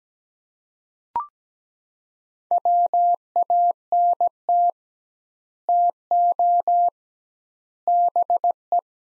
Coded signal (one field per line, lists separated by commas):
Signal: Morse code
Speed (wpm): 17 wpm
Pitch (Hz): 700 Hz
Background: none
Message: WANT TO BE